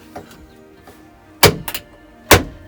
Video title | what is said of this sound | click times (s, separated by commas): Interior Removal & Detail Ford F350 F250 F450 Part 2/3 | and you kind of hear that kind of clicking sound and that's how we know that we are where we need to be | 1.4 s, 2.3 s